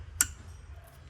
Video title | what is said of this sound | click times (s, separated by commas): Modified Brezza - brezza mods - Brezza Custom Brezza - Brezza upgrade - Brezza love - Brezza style | टक देने से जितनी भी आवाज़ आ रही है भाई, ये लॉक सिस्टम है, कोई इसमें मेल फीमेल वाला चेक नहीं है, | 0.2 s